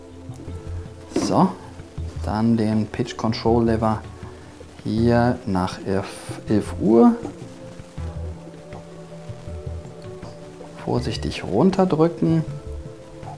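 A 3D-printed plastic pitch control lever for channel 7 is carefully lined up at the 11 o'clock position on the potentiometer shaft of a DJI Phantom remote control, ready to be pressed down until it locks in. Someone talks throughout, with only faint handling sounds in between. The lever has not yet seated or clicked in this stretch.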